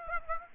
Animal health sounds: mosquito wingbeat signal from an infrared sensor; Aedes aegypti

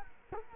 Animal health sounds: mosquito wingbeat signal from an infrared sensor; Culex quinquefasciatus

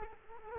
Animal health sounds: mosquito wingbeat signal from an infrared sensor; Culex quinquefasciatus

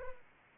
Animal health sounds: mosquito wingbeat signal from an infrared sensor; Anopheles arabiensis

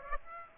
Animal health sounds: mosquito wingbeat signal from an infrared sensor; Aedes aegypti

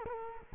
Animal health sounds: mosquito wingbeat signal from an infrared sensor; Culex quinquefasciatus

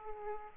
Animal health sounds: mosquito wingbeat signal from an infrared sensor; Aedes aegypti

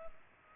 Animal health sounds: mosquito wingbeat signal from an infrared sensor; Culex pipiens

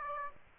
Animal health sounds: mosquito wingbeat signal from an infrared sensor; Aedes aegypti

